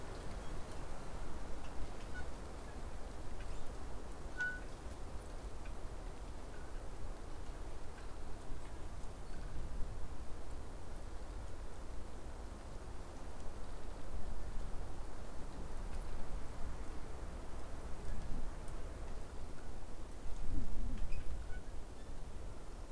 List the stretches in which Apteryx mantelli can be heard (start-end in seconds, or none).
none